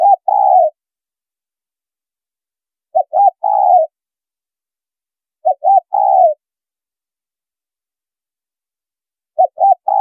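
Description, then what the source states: Spotted dove coos in a steady series: two quick short notes, then a longer falling coo, the phrase repeated every few seconds. Female bird.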